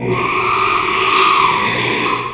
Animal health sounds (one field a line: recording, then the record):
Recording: squeal of a Yucatan mini pig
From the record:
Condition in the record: after surgery on the right vocal fold (resection and tissue-engineered implant)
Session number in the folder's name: 1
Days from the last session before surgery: 6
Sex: male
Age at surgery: 12 weeks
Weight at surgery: 13 kg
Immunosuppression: cyclosporine, prednisolone